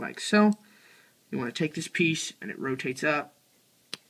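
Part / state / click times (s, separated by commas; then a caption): plastic leg panel of a transforming action figure locking into the leg / seated / 3.9 s. Someone talks while a plastic leg panel of a Transformers: Prime Soundwave transforming action figure is rotated up into the leg. A single sharp tick at 3.9 s marks the panel clicking and locking into place.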